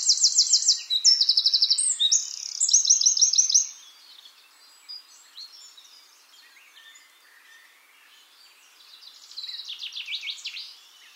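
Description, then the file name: Eurasian wren delivering a rapid, shrill, trill-laden song for almost four seconds, followed by quieter notes and a softer trilled phrase later. "Troglodytes troglodytes"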